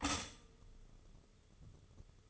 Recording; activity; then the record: daily activity, microphone in the room; stop toaster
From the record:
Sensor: 4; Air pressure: 995.3 hPa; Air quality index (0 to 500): 214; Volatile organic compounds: 243 ppm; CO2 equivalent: 4342 ppm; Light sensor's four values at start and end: 23/70/27/27 and 23/70/26/27